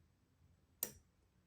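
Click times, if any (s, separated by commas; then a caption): 0.8 s. Under tension, a Lishi-style pick lifts pin six of an Avocet ABS Master dimple euro cylinder until the pin sets at the shear line. After a quiet low hum, a sharp, bright click sounds at 0.8 s and rings out briefly, followed by a much fainter tick at 1.5 s. The pin is seated.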